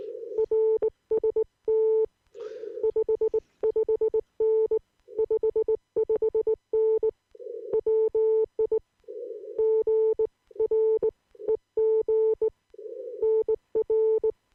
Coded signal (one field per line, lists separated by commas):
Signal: Morse code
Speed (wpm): 18 wpm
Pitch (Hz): 440 Hz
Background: none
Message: RST 55N 55N WI GREG NR